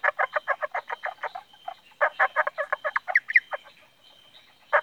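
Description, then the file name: Indian bronzed frog gives quick series of clucking notes, two pulse trains separated by a short gap, followed by a few scattered single clucks over a thin steady hum. "Indosylvirana temporalis"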